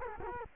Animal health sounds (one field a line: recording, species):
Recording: mosquito wingbeat signal from an infrared sensor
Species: Culex quinquefasciatus